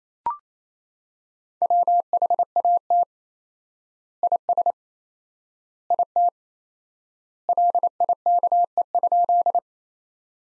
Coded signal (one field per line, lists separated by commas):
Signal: Morse code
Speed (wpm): 28 wpm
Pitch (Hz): 700 Hz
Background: none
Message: WHAT IS IT LIKE?